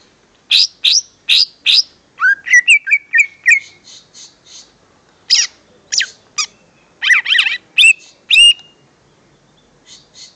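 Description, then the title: Greater green leafbird song, beginning with four sharp repeated chips, then a whistled rising trill, scattered harsh notes and quick slurred phrases, with brief pauses between bursts. "Kicau Burung Cucak Ijo"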